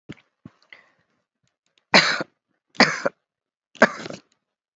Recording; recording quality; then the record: heavy voluntary cough; excellent, no background noise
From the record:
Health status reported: healthy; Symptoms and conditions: none ticked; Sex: female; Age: 63 years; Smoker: not ticked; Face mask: not worn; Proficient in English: yes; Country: India